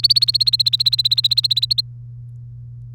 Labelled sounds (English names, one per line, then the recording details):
Domestic Canary song
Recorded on 3 May 2018 at 06:21
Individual llb3